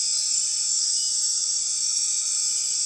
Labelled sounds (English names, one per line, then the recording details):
none
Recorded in dense forest near Puerto Asís, Putumayo, Colombia, on 20 February 2024 at 23:30
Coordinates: 0.502, -76.326
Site G6460